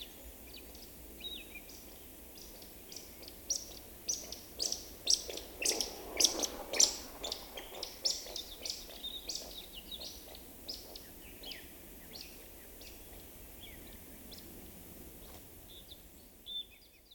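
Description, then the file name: Woodcock calls: a run of sharp, high chirps and squeaks, irregular and bunched, building to a loud cluster midway before thinning out. "Digiffects Sound Effects Library - Woodcock Bird Call"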